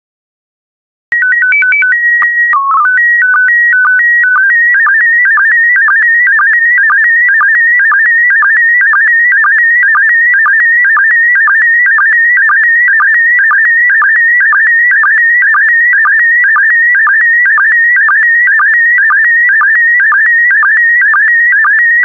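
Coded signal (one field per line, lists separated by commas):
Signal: SSTV (slow-scan television)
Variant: PD120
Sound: short start tones, then a steady warbling whine with regular low blips twice per second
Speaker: complete. You can now check your decoded image against the picture that is shown on the video.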